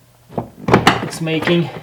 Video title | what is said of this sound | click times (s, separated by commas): Toyota Sienna 2011 2012 2013 2014 Door Lock Actuator Replace Repair How-to fix the door not locking? | and you can hear the pop noise it's | 0.4 s, 0.7 s, 0.9 s